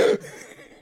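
A single short, loud cough burst from an adult man, fading quickly into quiet room noise. A minor cough, not due to asthma.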